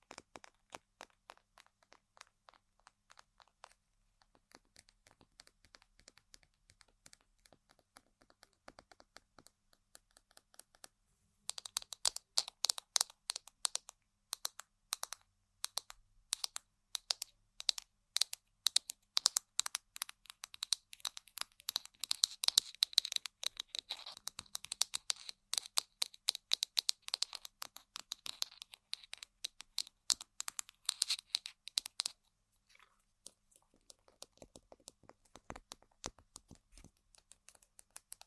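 Tapping and scratching on assorted objects: light, sparse clicks for the first eleven seconds, then a sudden burst of louder, dense, rapid tapping with crisp, bright attacks lasting until about 32 seconds. The sound then drops back to soft, scattered taps.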